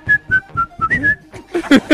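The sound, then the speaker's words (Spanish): Someone whistles an imitation of a bird call heard by four people in a car coming back from a party: a quick run of five short, clear, high notes, followed by three louder, harsher chirp-like bursts. “Y ahí hizo un pájaro, os prometo.”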